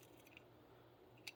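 A Strike Industries ambidextrous magazine catch button is held and rotated by hand to thread it onto the magazine catch post in a rifle lower receiver. Two brief, faint metallic ticks are heard at about 0.4 s and 1.3 s over a quiet background. The threads do not catch and the button is badly cross-threaded, so nothing has seated or clicked yet.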